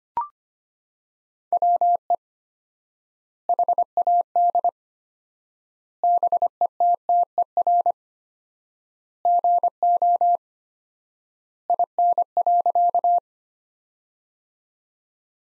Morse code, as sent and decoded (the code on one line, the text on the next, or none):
.-- . / .... .- -.. / -... . - - . .-. / --. --- / .. -. .-.-.-
WE HAD BETTER GO IN.